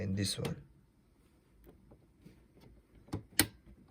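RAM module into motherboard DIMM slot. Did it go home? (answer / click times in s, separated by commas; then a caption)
yes / 3.4 s. Someone talks briefly as the other end of a RAM module is pressed down into a motherboard DIMM slot. After a softer tap at about 3.1 s, the slot clip snaps home with a loud, sharp click at 3.4 s, and the module is seated.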